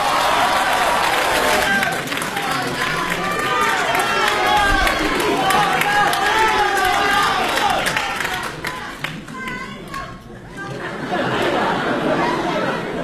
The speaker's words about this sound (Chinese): 这个感谢您各位。一上来您就报以热烈的掌声。我还没说呢， 可不， 观众多热情